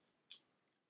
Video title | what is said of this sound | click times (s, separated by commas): LEICA M11 & VISOFLEX 2 Unboxing - Any Surprises??? Does 120g WEIGHT LOSS make any difference? | separates, and then it clicks into different positions, | 0.3 s